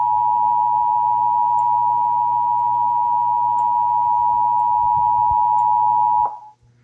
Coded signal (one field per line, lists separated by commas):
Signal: Emergency Alert System (SAME) tones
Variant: 853 and 960 Hz attention tone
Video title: (EAS #858-862) May 2025 Texas Required Monthly Test